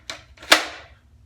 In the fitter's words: Bingo we're back in business so this is locked into place